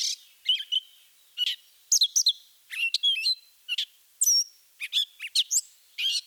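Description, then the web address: Northern mockingbird song of varied high, sharp notes and short phrases. Mimicry in the song of the Northern mockingbird, from a birding-by-ear guide to eastern and central North America. "Birding by Ear, Eastern and Central North America - Peterson Guides 2009 Mimics Northern Mockingbird"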